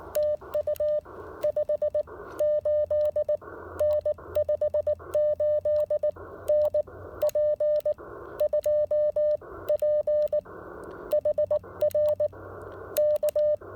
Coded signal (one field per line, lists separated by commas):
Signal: Morse code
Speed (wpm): 20 wpm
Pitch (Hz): 590 Hz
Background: none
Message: TU 58N 58N P2P HR K